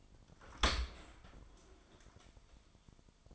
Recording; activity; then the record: daily activity, microphone in the room; open dishwasher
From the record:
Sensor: 5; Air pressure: 1003.2 hPa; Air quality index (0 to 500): 129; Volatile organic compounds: 1 ppm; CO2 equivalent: 947 ppm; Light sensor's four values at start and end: 96/235/95/110 and 74/178/74/83